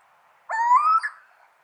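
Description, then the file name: Little owl giving a single clear, slightly rising whistled note with a ringing tone, lasting about half a second against a faint background hiss. Subspecies vidalii. "Steenuil Athene noctua vidalii"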